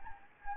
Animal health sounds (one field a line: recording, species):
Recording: mosquito wingbeat signal from an infrared sensor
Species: Anopheles gambiae